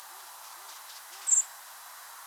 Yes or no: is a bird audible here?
yes